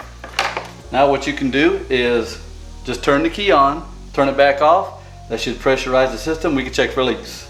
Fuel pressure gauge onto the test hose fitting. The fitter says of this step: clicks in place